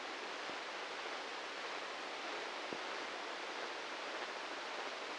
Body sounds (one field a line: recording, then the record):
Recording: brain microelectrode recording played as sound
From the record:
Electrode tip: inside the subthalamic nucleus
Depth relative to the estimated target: 0 mm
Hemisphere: left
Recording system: NeuroSet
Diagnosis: Parkinson's disease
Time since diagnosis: 15 years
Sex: male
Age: 65 years